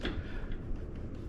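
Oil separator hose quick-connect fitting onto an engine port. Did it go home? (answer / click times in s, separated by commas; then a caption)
no / none. An oil separator hose's quick-connect fitting on a Jeep Wrangler JLU Rubicon is handled as it is brought to its port on the engine, with faint ticks and low rustling, including a sharp tick near 0.1 s. Nothing has seated or clicked yet; the clip ends before the fitting goes home.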